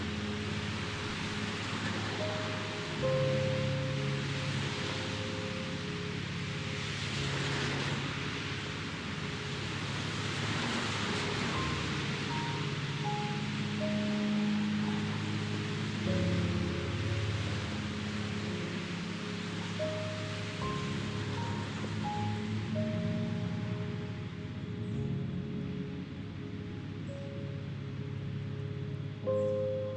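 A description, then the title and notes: Soft piano music plays through city sounds, its notes appearing as short held tones over a steady, dense wash of noise. A low rumble stays constant underneath, and the overall level barely changes across the thirty seconds. Calming Piano Music with City Sounds. Cars pass by on a rainy day.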